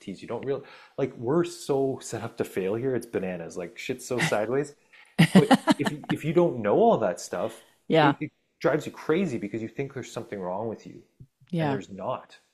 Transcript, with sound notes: You don't real... Like, we're so set up to fail here, it's bananas. Like shit's so sideways.
(laughs)
But if you, if you don't know all that stuff-
Yeah.
... it, it drives you crazy because you think there's something wrong with you.
Yeah.
And there's not.